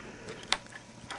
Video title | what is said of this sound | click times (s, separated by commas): SonyEricsson W880 LCD Screen Replacement | I can see you can hear it snap see now it's not bouncing around okay | 0.5 s